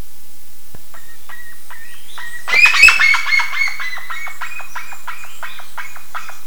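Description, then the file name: Bird calls begin sparse and soft, then a loud noisy burst near three seconds gives way to a run of quick short notes. "SABIOD 50 bird 2015"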